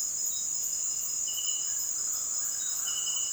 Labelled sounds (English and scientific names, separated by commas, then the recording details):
Speckled Chachalaca (Ortalis guttata)
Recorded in dense forest near Puerto Asís, Putumayo, Colombia, on 20 February 2024 at 07:00
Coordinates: 0.499, -76.324
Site G6469